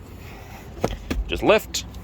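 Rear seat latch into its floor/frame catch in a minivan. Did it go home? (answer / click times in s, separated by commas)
no / none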